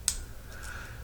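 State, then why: Seated. A barrel knife's blade is unfolded and the rest of the barrel body is slid over it, giving a sharp, bright click at 0.1 s followed by faint low background noise. The sleeve clicks into place and locks the knife as a fixed blade.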